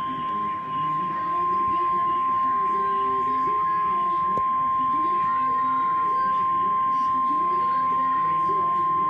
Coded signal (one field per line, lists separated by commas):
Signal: Emergency Alert System (SAME) tones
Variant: 1050 Hz attention tone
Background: speech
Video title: Severe Thunderstorm Warning EAS #57